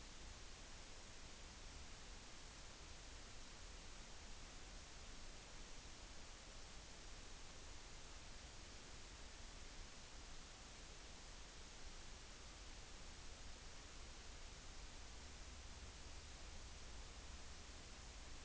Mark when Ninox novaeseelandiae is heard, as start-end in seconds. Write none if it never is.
none